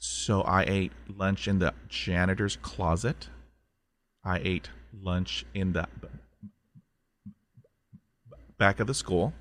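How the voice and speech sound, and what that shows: Adult male speech with drawn-out words and a long silent block with small clicks before "back," fitting stuttering present since his school years, when he was the kid who could not talk.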